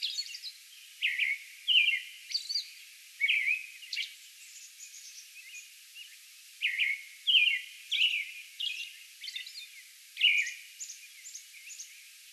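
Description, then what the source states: American robin delivering warbled whistled phrases with short gaps and occasional faint high, scratchy notes. Song bout recorded on May 11.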